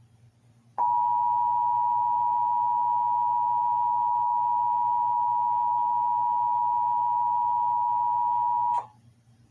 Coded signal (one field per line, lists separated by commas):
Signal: Emergency Alert System (SAME) tones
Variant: 853 and 960 Hz attention tone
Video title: EAS Tornado Warning During Nature Cat (1) (5-27-22 WHUT-DT2)